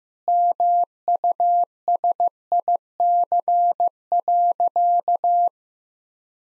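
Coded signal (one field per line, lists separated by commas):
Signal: Morse code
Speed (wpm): 15 wpm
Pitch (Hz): 700 Hz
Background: none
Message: MUSIC.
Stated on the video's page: Morse code head-copy practice of sentences built from the top 1000 words, sent at 15 wpm, then repeated.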